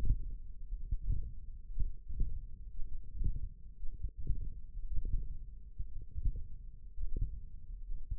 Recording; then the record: forearm muscle sounds (acoustic myography)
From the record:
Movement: index flexion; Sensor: system 1, eight BSWA MPA416 microphones around the upper forearm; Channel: 3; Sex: male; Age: 23 years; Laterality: right